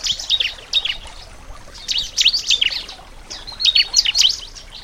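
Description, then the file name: Bar-winged prinia song in bursts of sharp high chirps, several clusters spaced throughout over a soft hiss. Nature therapy recording for a ciblek that has stopped singing ('macet'). "terapi alam ciblek macet"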